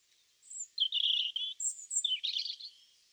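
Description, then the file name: European robin singing a rapid, high-pitched warbled phrase of tinkling notes and slurred whistles that ends in a burst of jumbled twitters. "Erithacus rubecula"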